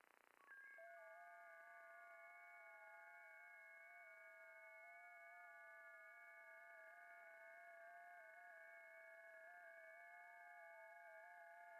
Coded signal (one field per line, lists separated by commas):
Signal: FT8